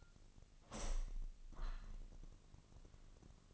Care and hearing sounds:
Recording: daily activity, microphone in the room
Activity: open window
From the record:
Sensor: 4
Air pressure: 1005.6 hPa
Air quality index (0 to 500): 94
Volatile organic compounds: 2 ppm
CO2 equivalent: 1165 ppm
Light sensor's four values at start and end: 12/28/11/10 and 12/28/11/10

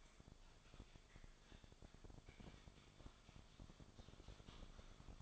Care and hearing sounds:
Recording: daily activity, microphone in the room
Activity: typing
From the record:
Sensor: 5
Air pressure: 1004.6 hPa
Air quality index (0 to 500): 168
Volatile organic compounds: 4 ppm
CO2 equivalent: 1578 ppm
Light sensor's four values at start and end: 18/43/17/16 and 18/43/17/16

